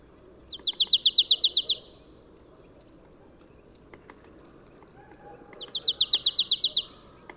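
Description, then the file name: Marsh tit calls: two quick trains of about ten sharp, high notes, each lasting just over a second and spaced roughly five seconds apart, over faint background hiss. "Poecile palustris"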